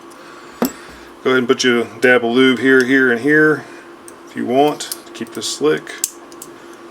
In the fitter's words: take and pop that thing up just a little bit it'll snap in place